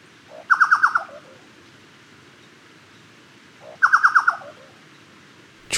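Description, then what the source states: Chucao Tapaculo call, a loud burst of four or five quick descending notes, given twice about three seconds apart, against a quiet background. Recorded 30 September 2014.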